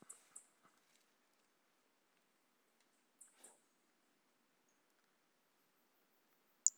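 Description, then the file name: Toadlet calling with short, very high, thin notes, mostly in close pairs, a pair at the start and another near midway, then one sharp louder note at the end. Individual 04, recorded on 18 January 2018; the animal was collected as a specimen. "Brachycephalus mirissimus 18 jan 2018 individual 04. A E Confetti"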